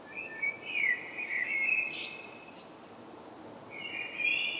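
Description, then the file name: Common blackbird singing a flowing, mellow phrase with a brief high squeak, then silence before a second fluty phrase begins; soft hiss behind. "Turdus merula"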